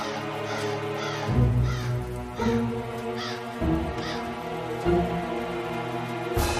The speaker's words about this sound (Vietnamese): Đám quạ cũng hoảng loạn, vỗ cánh bay tán loạn. Tiếng kêu quang quát của nó càng thất thanh, rùng rợn hơn.